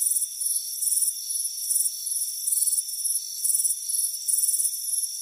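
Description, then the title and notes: Crickets give bright pulsing chirps in uneven clusters, backed by a persistent high-pitched drone. "Soothing Crickets Chirping Sound. It's a warm afternoon as you relax in a hammock on the front porch. Relax and fall asleep to the soothing sound of chirping crickets"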